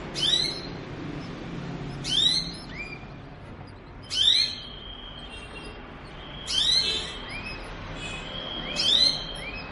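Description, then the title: Belgian canary song in clipped bursts every two seconds or so, each a quick sweep with a short trill, plus softer rising notes between. Song meant to warm up other canaries and stimulate singing; described as a mating canary's song. "Canto Para Esquentar Canário Belga. suara kenari kawin"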